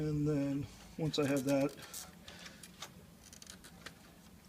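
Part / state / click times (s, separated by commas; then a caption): transfer belt unit into copier frame / seated / 3.4 s, 3.5 s. A transfer belt unit for a Toshiba e-Studio 4540c series copier is lined up with a small locating hole and pushed home into the copier frame while someone talks. After the talk stops, a few faint taps follow, and two sharp clicks at 3.4 and 3.5 seconds mark the unit seating back in place, a tricky step.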